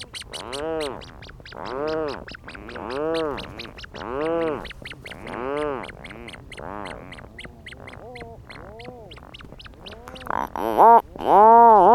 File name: Rhinoceros Auklets withchick close Protection Island 120726